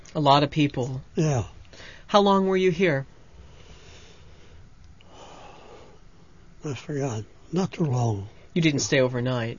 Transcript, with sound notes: A lot of people.
Yeah.
How long were you here?
( he sighs ) Just figure out, not too long.
You didn't stay overnight.